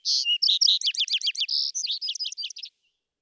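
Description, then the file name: Vesper sparrow song of buzzy notes running into a rapid string of sharp, downslurred chips and trills, lasting under three seconds, with no other sounds. "Vesper Sparrow"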